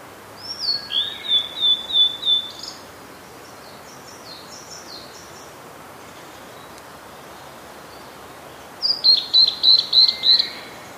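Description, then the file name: Blue-and-white Flycatcher singing two thin, high phrases. A descending whistle leads into a rapid run of repeated notes, with a long gap between phrases. "oruri"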